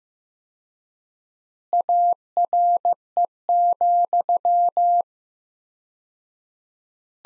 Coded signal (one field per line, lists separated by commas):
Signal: Morse code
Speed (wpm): 15 wpm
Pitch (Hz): 700 Hz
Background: none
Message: ARE,